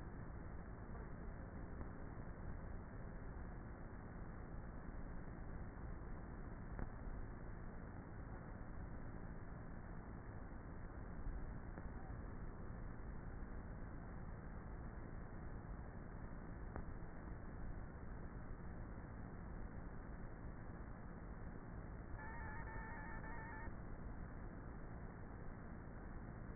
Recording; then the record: honeybee colony, microphone inside the hive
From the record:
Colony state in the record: queenless with a low population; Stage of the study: before two queens were removed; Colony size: about 30,000 bees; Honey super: no